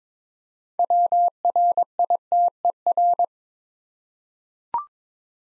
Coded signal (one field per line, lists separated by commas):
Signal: Morse code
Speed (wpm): 23 wpm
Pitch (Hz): 700 Hz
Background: none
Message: WRITER